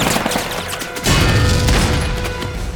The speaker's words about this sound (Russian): Я с моим обострившимся слухом мгновенно оглох бы от выстрелов, если бы не беруши.